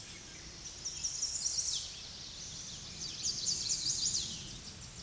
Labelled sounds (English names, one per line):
American Redstart song